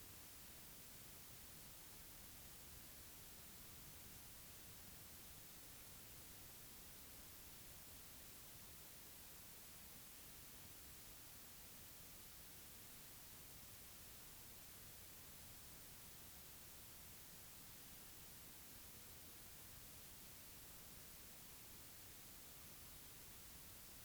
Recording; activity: daily activity, guitar pickup as the sensor; stand